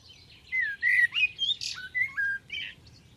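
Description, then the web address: Bird song: quick series of whistled, slurred and rasping notes, each short, varying in pitch across about two seconds. "Deverinetal. Bird Only"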